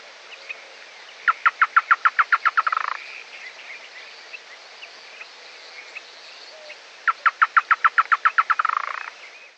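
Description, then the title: Chotoy spinetail song, twice: a string of strong, evenly spaced notes ending in a rapid chattering trill. "LuckyPassaro Completos2Sama. Chotoy Spinetail (Schoeniophylax phryganophilus)"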